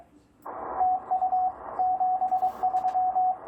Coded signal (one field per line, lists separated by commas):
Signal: Morse code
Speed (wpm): 22 wpm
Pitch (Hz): 740 Hz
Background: radio noise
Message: TU 73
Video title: Will an 80m EFHW work on 30m ?